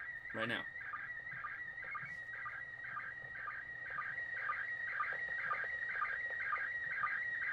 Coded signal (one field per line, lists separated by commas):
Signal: SSTV (slow-scan television)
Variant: PD 120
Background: speech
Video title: Lets Get Our General License! Pt. 1 Basic Operation | Ham? Radio Crash Course